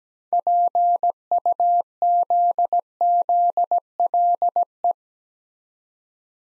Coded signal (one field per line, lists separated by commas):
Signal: Morse code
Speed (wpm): 17 wpm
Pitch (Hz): 700 Hz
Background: none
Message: PUZZLE